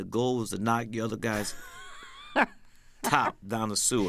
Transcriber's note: laughter